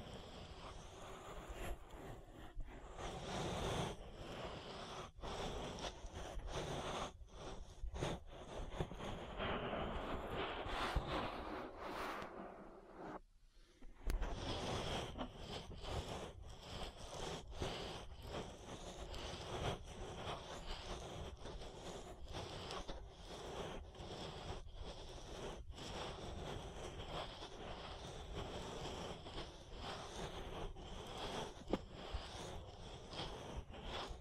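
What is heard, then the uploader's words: Ear massage sounds fill the clip with dense, steady rubbing and rustling, broken by quick muffled pats and a brief near-silent gap around fourteen seconds. ASMR Relaxing Ear Massage.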